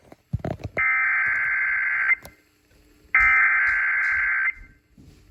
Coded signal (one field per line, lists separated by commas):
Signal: Emergency Alert System (SAME) tones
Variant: header bursts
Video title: ONLY IN THE ARKLATEX! EAS alerts from 4/3/2023! [EAS #1345 - #1415]